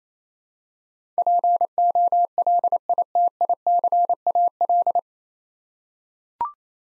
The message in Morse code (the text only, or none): POLITICAL